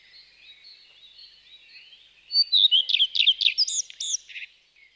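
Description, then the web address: Common redstart song: soft scratchy notes build into a quick series of repeated high sharp notes, then a brief mixed twittering flourish that fades out. "IVN Zangvogels. Gekraagde roodstaart"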